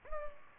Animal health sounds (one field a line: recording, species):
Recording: mosquito wingbeat signal from an infrared sensor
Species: Culex pipiens